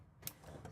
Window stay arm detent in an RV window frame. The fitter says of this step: so if you just want a little bit of fresh air you can leave it a little bit but the every little click you hear